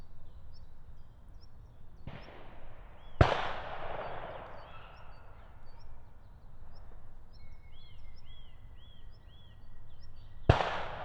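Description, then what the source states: European green woodpecker calling: a short series of evenly spaced, arched notes late, between loud, sharp gunshots that fade. Meadow right next to a shooting range, Siemianowice Śląskie, Poland, Saturday 23 March 2019; woodpecker ignores regular gunfire; recorded with Zoom H5 and Audio-Technica BP4025.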